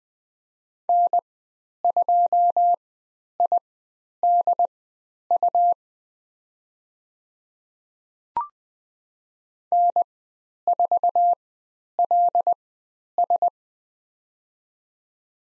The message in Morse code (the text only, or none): N2IDU N4LS